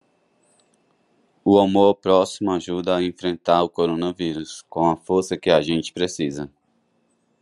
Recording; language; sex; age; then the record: spoken sentence; Brazilian Portuguese; male; 30 to 39 years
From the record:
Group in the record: control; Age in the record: 32 years